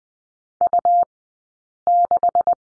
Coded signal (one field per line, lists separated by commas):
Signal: Morse code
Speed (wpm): 20 wpm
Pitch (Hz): 700 Hz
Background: none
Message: U6